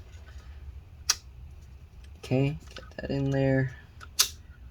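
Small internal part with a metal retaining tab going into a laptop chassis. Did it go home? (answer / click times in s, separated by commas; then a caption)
yes / 4.2 s. After a metal retaining tab is bent over, a small internal part is pushed back into its spot in an MSI GS73VR 6RF Stealth Pro laptop chassis while someone talks, with a brief sharp tick at about 1.1 s. The part snaps into place with a crisp click at 4.2 s and stays seated when pulled.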